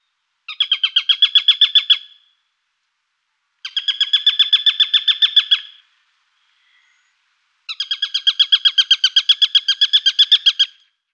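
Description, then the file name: Eurasian sparrowhawk calling in three fast, evenly repeated chattering bursts, each about one and a half to three seconds long with short gaps between. "Sperber Accipiter nisus"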